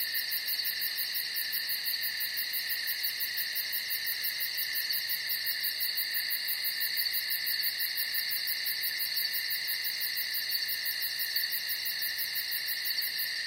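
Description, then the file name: Cricket trilling steadily throughout, a high, even, rapidly pulsing chirr with no other clear sounds. "Strekotanie sverchka"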